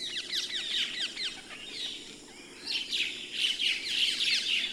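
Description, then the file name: Common myna chattering with rapid overlapping chirps and downslurred whistles, dipping briefly midway before louder harsh notes resume. "Martin triste"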